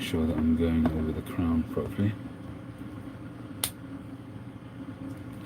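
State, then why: Seated. Someone talks while a fitted component is guided over the crown and pressed into its mount. A single sharp click sounds at 3.6 s as it seats, clicking into place easily and fully home, with a low steady hum underneath.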